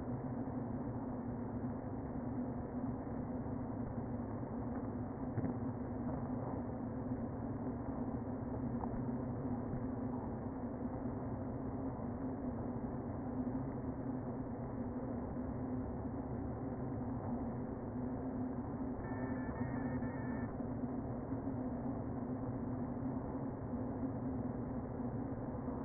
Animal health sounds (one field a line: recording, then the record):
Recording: honeybee colony, microphone inside the hive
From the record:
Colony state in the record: queen present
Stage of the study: before two queens were removed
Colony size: about 60,000 bees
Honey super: yes